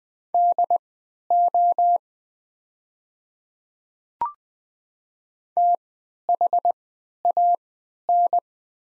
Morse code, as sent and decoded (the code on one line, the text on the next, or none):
-.. --- / - .... .- -.
DO THAN